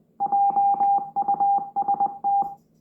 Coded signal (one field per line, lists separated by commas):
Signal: Morse code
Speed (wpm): 20 wpm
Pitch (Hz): 800 Hz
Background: none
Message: JUST